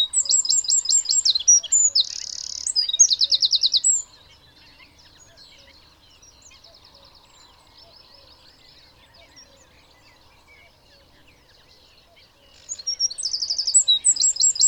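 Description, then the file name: Eurasian wren song: a loud, high string of fast trills and a buzzy reel for four seconds. After a quiet stretch of faint chirps, a second song begins near the end. "Troglodytes troglodytes"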